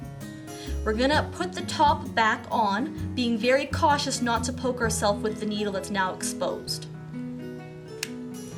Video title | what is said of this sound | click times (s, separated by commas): Bayer Contour Next | there and I you heard a click and it's back in place | 8.0 s